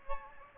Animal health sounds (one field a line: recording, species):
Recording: mosquito wingbeat signal from an infrared sensor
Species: Aedes aegypti